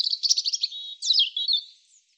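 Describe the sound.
European robin song in a quick burst of tinkling, jumbled high notes that flows into a brief sliding warble.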